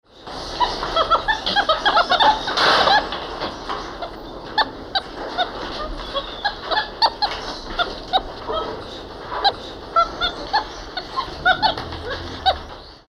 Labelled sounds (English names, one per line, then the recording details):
Tufted Capuchin
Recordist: Tembrock, Günter
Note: Rufe einer Gruppe